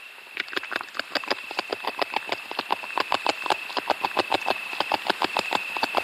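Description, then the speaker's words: Beaver gnawing wood, many rapid scraping and crunching strokes, with a thin continuous tone in the background. A mammal gnawing wood; a played recording. "on entend un mammifère qui est en train de ronger du bois, donc on peut imaginer que c'est le castor. Bingo !"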